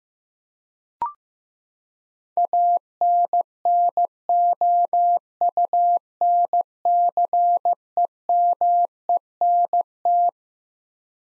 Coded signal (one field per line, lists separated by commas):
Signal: Morse code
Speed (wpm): 15 wpm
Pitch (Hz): 700 Hz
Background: none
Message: ANNOUNCEMENT